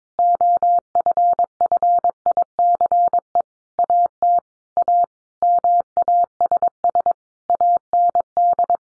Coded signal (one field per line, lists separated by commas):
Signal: Morse code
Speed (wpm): 22 wpm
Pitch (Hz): 700 Hz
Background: none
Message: OFFICE AT A MASS AND